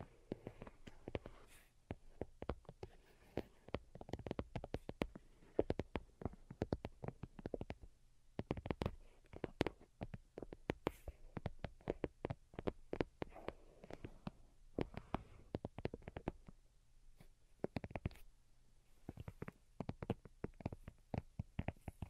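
Delicate tapping in quick, irregular bursts of sharp clicks, dense for stretches then briefly pausing, over a faint low hum.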